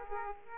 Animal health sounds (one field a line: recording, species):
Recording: mosquito wingbeat signal from an infrared sensor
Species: Aedes aegypti